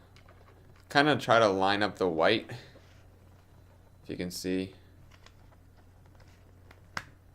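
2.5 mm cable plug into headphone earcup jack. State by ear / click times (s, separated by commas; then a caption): seated / 7.0 s. Someone talks while a detachable 2.5 mm cable plug is lined up and pushed into the socket on an Audio-Technica ATH-M40x headphone earcup, with faint small clicks and handling sounds in between. A sharp click at 7.0 s marks the plug seating in the earcup jack, and it is then twisted to lock.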